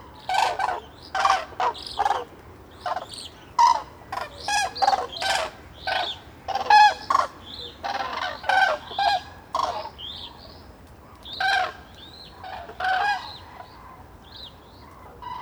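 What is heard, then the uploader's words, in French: Common cranes waking at a lake, calling in loud, rough trumpeting bursts that come thick and overlapping through the first ten seconds, then thin out to a few scattered calls. A low steady rumble runs underneath throughout. Nomad zaxcom - 2xmkh8040. Voici l'éveil des Grues cendrées depuis une des digues du lac du DER dans la Marnes.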